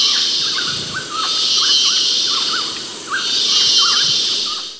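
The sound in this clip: Cicada buzzing in a loud, steady high drone that swells and dips every couple of seconds, with quieter repeated bird chirps running beneath it.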